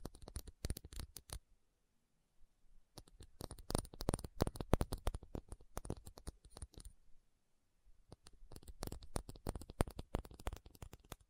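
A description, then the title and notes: Quick bursts of tapping arrive in clusters of sharp, bright clicks, with no talking. The bursts run from the start to about 1.5 seconds, again from roughly 3 to 7 seconds, and from about 8 seconds to the end, with near silence in the gaps. Tapping Session (No Talking).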